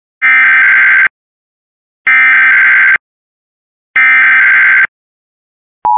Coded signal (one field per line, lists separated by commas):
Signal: Emergency Alert System (SAME) tones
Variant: header bursts